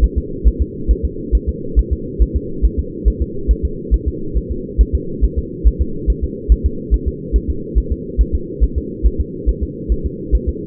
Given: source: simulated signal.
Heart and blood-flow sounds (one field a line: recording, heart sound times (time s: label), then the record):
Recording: fetal heart sounds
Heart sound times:
0.04 s: S1
0.18 s: S2
0.47 s: S1
0.62 s: S2
0.91 s: S1
1.05 s: S2
1.35 s: S1
1.49 s: S2
1.79 s: S1
1.93 s: S2
2.22 s: S1
2.37 s: S2
2.65 s: S1
2.79 s: S2
3.08 s: S1
3.22 s: S2
3.51 s: S1
3.65 s: S2
3.94 s: S1
4.08 s: S2
4.37 s: S1
4.52 s: S2
4.81 s: S1
4.95 s: S2
5.24 s: S1
5.39 s: S2
5.67 s: S1
5.82 s: S2
6.10 s: S1
6.24 s: S2
6.52 s: S1
6.66 s: S2
6.94 s: S1
7.08 s: S2
7.36 s: S1
7.50 s: S2
7.78 s: S1
7.92 s: S2
8.21 s: S1
8.35 s: S2
8.64 s: S1
8.78 s: S2
9.06 s: S1
9.21 s: S2
9.49 s: S1
9.63 s: S2
9.92 s: S1
10.06 s: S2
10.35 s: S1
10.49 s: S2
From the record:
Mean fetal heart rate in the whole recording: 140 bpm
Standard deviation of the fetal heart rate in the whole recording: 2 bpm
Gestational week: 34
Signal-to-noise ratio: -4.3 dB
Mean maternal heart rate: 72 bpm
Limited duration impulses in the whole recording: present